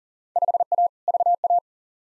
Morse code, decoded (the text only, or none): 5A VA